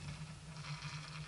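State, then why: Not seated. A Talon Tunes Gen 6 sound moderator shroud is eased down an air rifle barrel and lined up before being pushed home, giving light sliding and handling sounds over a steady low hum. Nothing has seated or clicked yet.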